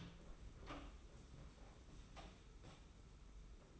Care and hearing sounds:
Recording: daily activity, microphone in the room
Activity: open door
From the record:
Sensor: 1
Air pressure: 991.6 hPa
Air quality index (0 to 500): 132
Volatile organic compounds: 445 ppm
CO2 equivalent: 4741 ppm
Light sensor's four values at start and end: 35/113/44/45 and 35/113/44/45

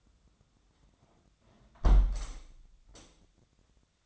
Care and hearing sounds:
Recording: daily activity, microphone in the room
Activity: close window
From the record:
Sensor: 3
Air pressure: 1006.4 hPa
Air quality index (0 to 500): 193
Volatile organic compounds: 14 ppm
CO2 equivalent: 2462 ppm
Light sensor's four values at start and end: 10/24/10/10 and 9/22/9/9

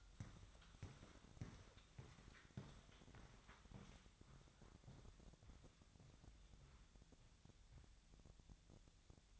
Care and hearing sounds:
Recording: daily activity, microphone in the room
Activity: walk to room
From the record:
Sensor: 3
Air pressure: 999.4 hPa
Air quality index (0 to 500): 196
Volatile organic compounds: 44 ppm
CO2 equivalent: 3204 ppm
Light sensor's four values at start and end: 6/14/6/6 and 9/20/8/8

